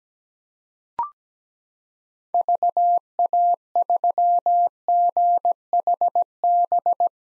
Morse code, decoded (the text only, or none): VA3GHB